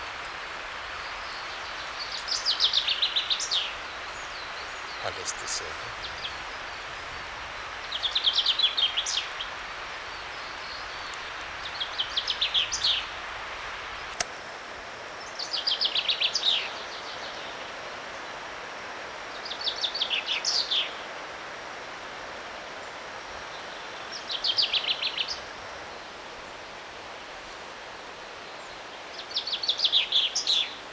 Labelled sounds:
Common Chaffinch (Fringilla coelebs) song
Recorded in the wild
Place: Oberstdorf, Bayern, DE
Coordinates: 47.3642, 10.3008
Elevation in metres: 934
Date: 1985-04-02
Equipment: Uher 4000 Report, Sennheiser MKH 815 T
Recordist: Tretzel, Erwin

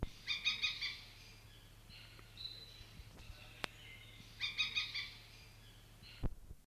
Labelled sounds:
Banded Lapwing (Vanellus tricolor) call
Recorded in captivity
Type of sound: call
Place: Artis Zoo, NL
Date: 1973-09-01
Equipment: Halbspur, 9,5 cm/s
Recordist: Lütgens, Hans
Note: Rufe

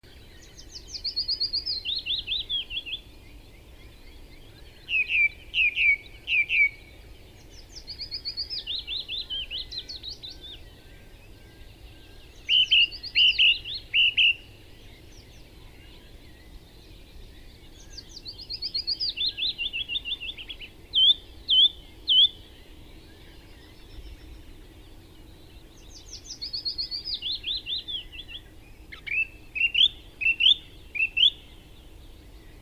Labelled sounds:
Willow Warbler (Phylloscopus trochilus) song
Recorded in the wild
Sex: male
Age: adult
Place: Schönow, Naturpark Barnim, Brandenburg, DE
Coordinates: 52.6939, 13.5044
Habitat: wood
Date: 2005-05-01
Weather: clear, 10°C, no wind
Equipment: Edirol R-4, Sennheiser MKH 70, Windschutz
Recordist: Frommolt, Karl-Heinz

